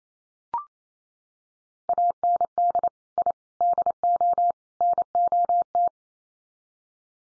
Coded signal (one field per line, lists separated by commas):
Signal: Morse code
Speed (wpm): 28 wpm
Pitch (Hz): 700 Hz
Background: none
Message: AND I DO NOT